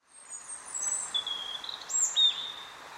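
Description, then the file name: European robin song of thin, high, drawn-out whistles on shifting pitches, broken by brief twittering flourishes, with light background hiss. "Erithacus rubecula"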